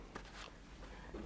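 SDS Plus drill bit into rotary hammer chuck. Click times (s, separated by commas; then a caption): 0.2 s. A steel SDS Plus drill bit is pushed into the chuck of a DeWalt DCH253 SDS+ rotary hammer until it locks. A single sharp click is heard at 0.2 s, followed by faint handling noise. The bit is seated in the chuck.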